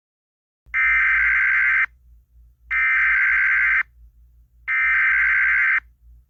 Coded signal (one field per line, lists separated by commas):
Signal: Emergency Alert System (SAME) tones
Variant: header bursts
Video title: EAS scenario SCP 20357